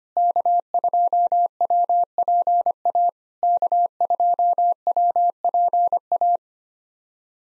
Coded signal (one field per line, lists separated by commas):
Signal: Morse code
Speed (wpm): 25 wpm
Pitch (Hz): 700 Hz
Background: none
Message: K2WPA K2WPA